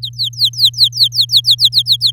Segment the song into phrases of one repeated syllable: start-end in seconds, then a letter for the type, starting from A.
0.02-2.11 A